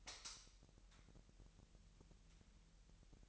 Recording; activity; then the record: daily activity, microphone in the room; light on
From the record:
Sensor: 3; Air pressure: 1001.9 hPa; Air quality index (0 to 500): 245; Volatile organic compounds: 47 ppm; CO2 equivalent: 3259 ppm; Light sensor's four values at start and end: 6/13/5/5 and 12/32/13/12